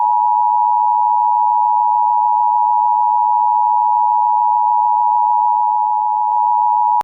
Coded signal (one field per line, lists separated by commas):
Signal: Emergency Alert System (SAME) tones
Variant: 853 and 960 Hz attention tone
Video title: Foxy Rates EAS Alarms Part 9: The Return :)